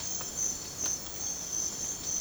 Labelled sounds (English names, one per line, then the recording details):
none
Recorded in secondary vegetation near Puerto Asís, Putumayo, Colombia, on 30 June 2025 at 05:00
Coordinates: 0.500, -76.326
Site GP08